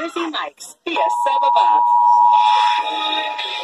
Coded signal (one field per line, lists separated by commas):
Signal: Emergency Alert System (SAME) tones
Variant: 853 and 960 Hz attention tone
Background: speech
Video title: EAS Alert #15-18 - The first ever National Periodic Test